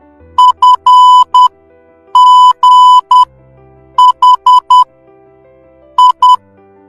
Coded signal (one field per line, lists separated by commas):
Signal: Morse code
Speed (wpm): 10 wpm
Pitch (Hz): 1000 Hz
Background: music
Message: F G H I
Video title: srk 182 morse codes all letters